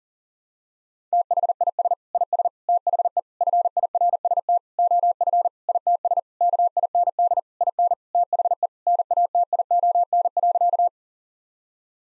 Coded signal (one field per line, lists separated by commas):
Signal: Morse code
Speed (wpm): 40 wpm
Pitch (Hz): 700 Hz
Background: none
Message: THIS IS THE FIRST OF ITS KIND IN THE NATION.